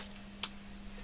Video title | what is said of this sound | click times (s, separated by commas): 105mph RC wing !!! | turn it clockwise there are locks into place very easy now the | 0.4 s